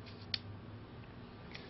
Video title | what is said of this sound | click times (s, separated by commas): Gerber Grappler Multitool 30-000333 Demo | and it'll come flying out and lock into place for you | 0.3 s